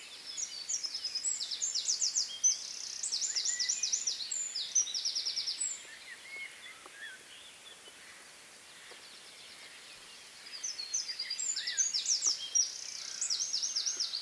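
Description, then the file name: Eurasian wren song given twice: a long burst of shrill rapid trills for about six seconds, a quiet gap, then a second equally energetic strophe from about ten seconds. "Troglodytes troglodytes"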